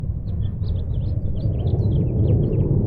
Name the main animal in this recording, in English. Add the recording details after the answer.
House Finch. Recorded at Woodmere on Long Island, New York, on 11 June 1975. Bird E